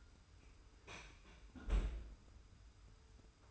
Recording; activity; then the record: daily activity, microphone in the room; close fridge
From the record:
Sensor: 2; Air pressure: 990.8 hPa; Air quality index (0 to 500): 123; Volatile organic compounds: 99 ppm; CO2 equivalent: 3749 ppm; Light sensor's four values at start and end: 25/60/24/24 and 25/60/24/24